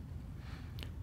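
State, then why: Seated. The plastic cap of the coolant expansion tank on an Audi A3 (8V) / VW is screwed back on and fully tightened after topping up with distilled water, so the system is fully sealed and nothing can evaporate. Over a low, steady rumble, one sharp, short click sounds at 0.8 s as the cap seats tight.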